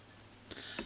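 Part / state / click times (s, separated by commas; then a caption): wire end ferrule crimped onto a cable conductor / seated / 0.5 s, 0.8 s. A crimping tool presses lightly on the plastic part of a wire end ferrule as it is crimped onto a cable conductor. Two short clicks sound at 0.5 and 0.8 seconds over a steady low background hum, though they may come from the tool rather than the part. The ferrule ends up seated on the wire.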